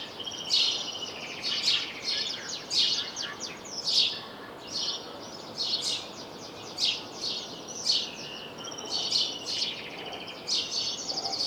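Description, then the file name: House sparrow calling persistently, rough bright chirps repeated roughly once a second with uneven spacing, sometimes doubled, throughout the whole stretch. "Passer domesticus"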